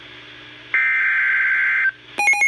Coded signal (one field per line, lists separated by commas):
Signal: Emergency Alert System (SAME) tones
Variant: header bursts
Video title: Severe Thunderstorm Warning #2 - 07/10/17 (EAS #1,440)